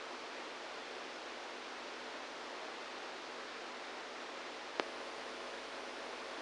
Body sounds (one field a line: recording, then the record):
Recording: brain microelectrode recording played as sound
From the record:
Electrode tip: inside the subthalamic nucleus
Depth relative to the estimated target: -2 mm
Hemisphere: right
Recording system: NeuroSet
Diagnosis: Parkinson's disease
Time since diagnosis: 27 years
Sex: male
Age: 62 years